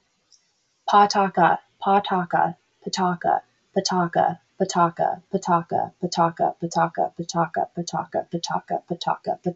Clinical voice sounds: repeated syllables /pa ta ka/; female; 20 to 29 years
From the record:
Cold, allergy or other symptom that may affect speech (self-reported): no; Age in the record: 24 years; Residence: United States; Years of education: 13

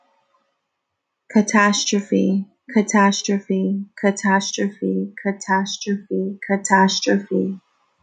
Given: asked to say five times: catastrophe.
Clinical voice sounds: repeated word; female; 30 to 39 years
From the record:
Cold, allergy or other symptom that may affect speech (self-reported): no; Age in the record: 35 years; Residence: New York, United States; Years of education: 14

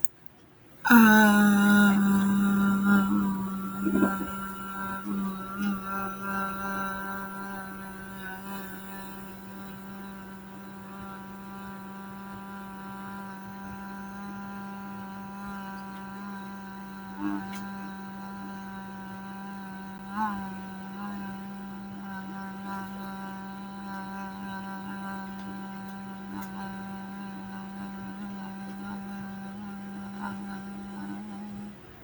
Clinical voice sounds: vowel held as long as possible; female; 30 to 39 years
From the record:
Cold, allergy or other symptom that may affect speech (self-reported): no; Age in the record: 30 years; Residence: United States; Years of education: 16

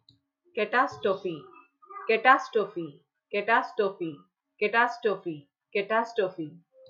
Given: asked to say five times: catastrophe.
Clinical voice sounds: repeated word; female; 30 to 39 years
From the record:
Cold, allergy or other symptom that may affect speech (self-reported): no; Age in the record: 36 years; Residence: New Jersey, United States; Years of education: 16

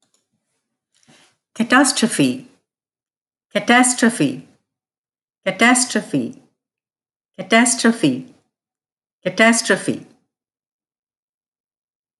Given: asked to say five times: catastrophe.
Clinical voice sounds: repeated word; female; 30 to 39 years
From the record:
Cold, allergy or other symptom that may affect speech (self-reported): no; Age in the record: 36 years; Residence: United States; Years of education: 16

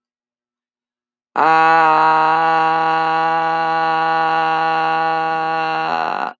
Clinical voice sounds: vowel held as long as possible; female; 40 to 49 years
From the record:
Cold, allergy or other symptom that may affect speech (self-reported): no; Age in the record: 42 years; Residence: Iowa, United States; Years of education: 14

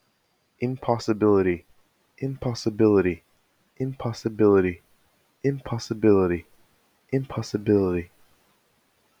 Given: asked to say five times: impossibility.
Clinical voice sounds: repeated word; male; 50 to 59 years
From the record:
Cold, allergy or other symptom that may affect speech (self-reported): no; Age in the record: 52 years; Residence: Massachusetts, United States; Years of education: 12

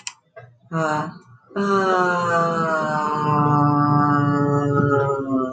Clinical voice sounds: vowel held as long as possible; female; 40 to 49 years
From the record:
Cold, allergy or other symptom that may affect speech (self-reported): no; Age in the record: 46 years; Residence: Minnesota, United States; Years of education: 15

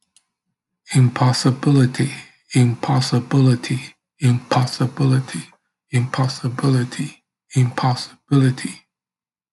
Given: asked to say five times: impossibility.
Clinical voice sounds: repeated word; male; 50 to 59 years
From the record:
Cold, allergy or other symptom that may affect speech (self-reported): no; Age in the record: 58 years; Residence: New Jersey, United States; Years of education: 16

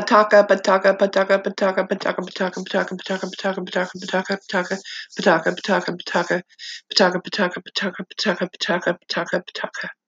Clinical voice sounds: repeated syllables /pa ta ka/; female; 50 to 59 years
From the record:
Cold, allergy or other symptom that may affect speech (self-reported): no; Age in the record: 51 years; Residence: Arkansas, United States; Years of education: 6

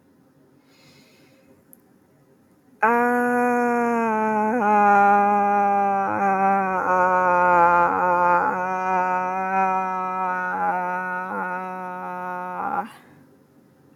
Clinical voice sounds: vowel held as long as possible; female; 20 to 29 years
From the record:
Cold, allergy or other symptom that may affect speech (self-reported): no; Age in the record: 23 years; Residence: Georgia, United States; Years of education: 15

